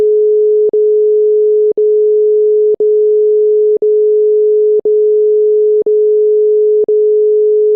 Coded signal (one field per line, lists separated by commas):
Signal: telephone call progress tone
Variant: Europe, 425 Hz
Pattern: dial tone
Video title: Dial tone B (Brazil). Call-progress tones. Phone sounds. Sound effects. SFX